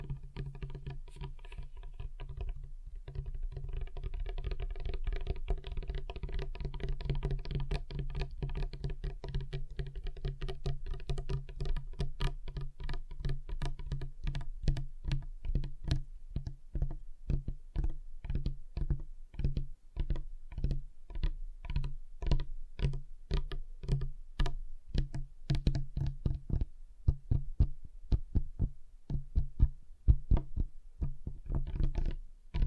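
Fingers tap on a table in quick, uneven bursts, each a short dry knock over a steady low hum. The tapping starts sparse, grows denser and faster through the middle, then turns into sharper, more separated hits toward the end.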